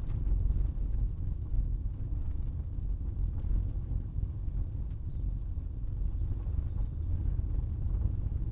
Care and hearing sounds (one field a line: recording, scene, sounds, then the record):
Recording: everyday scene through a hearing-aid microphone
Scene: in a vehicle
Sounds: engine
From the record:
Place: Berlingo II, diesel engine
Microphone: in the ear canal, right